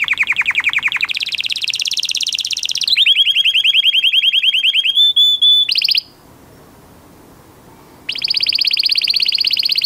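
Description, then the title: Belgian canary song: rapid rolled trills shifting up and down in pitch across several tours, a two-second pause, then another fast trill. Male Belgian canary singing a lot; recording used for training young canaries to sing. "Esquente Seu Filhote E Canario Belga Em 30 Minutos Macho Cantando Muito. Canary 's most powerful song for training"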